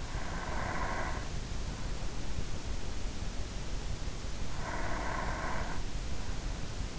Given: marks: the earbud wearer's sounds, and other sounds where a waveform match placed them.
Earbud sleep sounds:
sounds in sleep by an in-ear microphone; breath
0.00-2.00 s: breath
4.37-5.97 s: breath

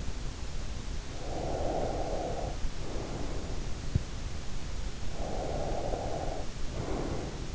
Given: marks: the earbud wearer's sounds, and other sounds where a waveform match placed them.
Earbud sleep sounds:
sounds in sleep by an in-ear microphone; breath
1.35-3.55 s: breath
5.16-7.55 s: breath

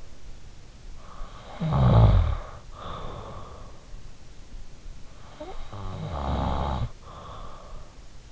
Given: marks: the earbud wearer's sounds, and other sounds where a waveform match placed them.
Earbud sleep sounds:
sounds in sleep by an in-ear microphone; snoring breath
1.12-3.81 s: snoring breath
5.30-8.32 s: snoring breath

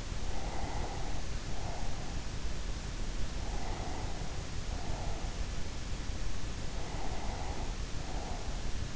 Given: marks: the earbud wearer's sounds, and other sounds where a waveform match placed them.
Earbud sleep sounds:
sounds in sleep by an in-ear microphone; breath
0.28-2.19 s: breath
3.42-5.71 s: breath
6.54-8.96 s: breath

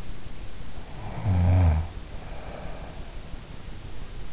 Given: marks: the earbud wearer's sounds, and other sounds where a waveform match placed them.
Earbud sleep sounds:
sounds in sleep by an in-ear microphone; snoring breath
0.80-3.07 s: snoring breath

